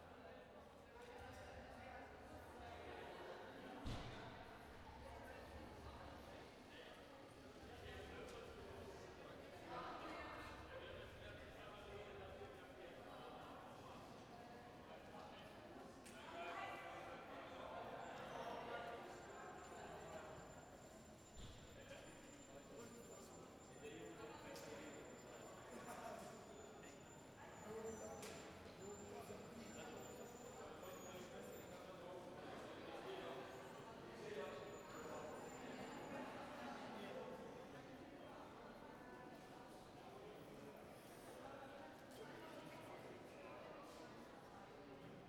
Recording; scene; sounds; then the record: everyday scene through a hearing-aid microphone; reverberant space; background noise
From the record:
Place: railway station hall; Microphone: behind the ear, right, rear